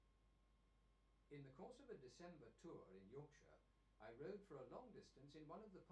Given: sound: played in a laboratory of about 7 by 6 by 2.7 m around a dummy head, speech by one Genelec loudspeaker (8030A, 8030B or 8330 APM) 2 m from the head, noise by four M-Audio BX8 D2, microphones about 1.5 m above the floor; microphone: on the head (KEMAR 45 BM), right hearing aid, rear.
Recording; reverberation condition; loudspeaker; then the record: male speech in English; low; 90 degrees to the left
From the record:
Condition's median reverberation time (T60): about 310 ms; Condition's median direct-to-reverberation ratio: about 3.5 dB